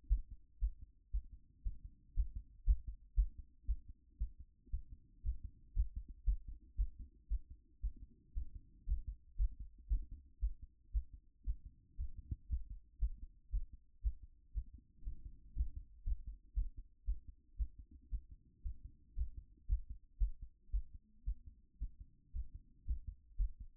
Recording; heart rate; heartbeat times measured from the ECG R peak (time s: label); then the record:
heart sounds by stethoscope; 116 bpm
0.08 s: heartbeat
0.59 s: heartbeat
1.11 s: heartbeat
1.63 s: heartbeat
2.14 s: heartbeat
2.65 s: heartbeat
3.15 s: heartbeat
3.66 s: heartbeat
4.18 s: heartbeat
4.70 s: heartbeat
5.23 s: heartbeat
5.74 s: heartbeat
6.25 s: heartbeat
6.76 s: heartbeat
7.28 s: heartbeat
7.81 s: heartbeat
8.34 s: heartbeat
8.86 s: heartbeat
9.37 s: heartbeat
9.88 s: heartbeat
10.40 s: heartbeat
10.91 s: heartbeat
11.44 s: heartbeat
11.97 s: heartbeat
12.48 s: heartbeat
12.99 s: heartbeat
13.50 s: heartbeat
14.01 s: heartbeat
14.52 s: heartbeat
15.04 s: heartbeat
15.54 s: heartbeat
16.04 s: heartbeat
16.54 s: heartbeat
17.05 s: heartbeat
17.56 s: heartbeat
18.09 s: heartbeat
18.62 s: heartbeat
19.15 s: heartbeat
19.67 s: heartbeat
20.19 s: heartbeat
20.71 s: heartbeat
21.24 s: heartbeat
21.78 s: heartbeat
22.32 s: heartbeat
22.85 s: heartbeat
23.37 s: heartbeat
From the record:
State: after exercise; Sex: female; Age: 31 years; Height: 169 cm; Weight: 67 kg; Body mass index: 23.46